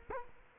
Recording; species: mosquito wingbeat signal from an infrared sensor; Culex quinquefasciatus